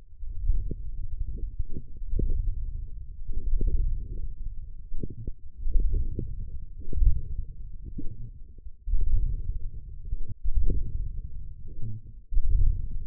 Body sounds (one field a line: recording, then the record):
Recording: forearm muscle sounds (acoustic myography)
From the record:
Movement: ulnar deviation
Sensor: system 1, eight BSWA MPA416 microphones around the upper forearm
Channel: 7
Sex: male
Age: 20 years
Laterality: left